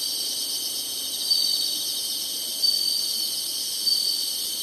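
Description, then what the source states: High insect chorus droning continuously, with three brief thin whistled notes spaced over a few seconds. Singing, in summer.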